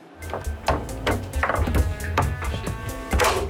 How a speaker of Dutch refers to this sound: Ja, die zit er goed in. Dit is de tafelvoetbal, tafelgoal.